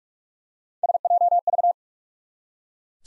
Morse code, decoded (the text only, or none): SJV